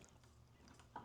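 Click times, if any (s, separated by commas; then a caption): 1.0 s. The folding lock lever on a NIU KQi300P electric scooter is pushed into the stem hinge to lock the stem upright while the scooter is being unfolded. A few faint ticks come first, then a sharp click at 1.0 s as the latch locks and the stem is seated.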